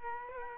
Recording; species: mosquito wingbeat signal from an infrared sensor; Culex quinquefasciatus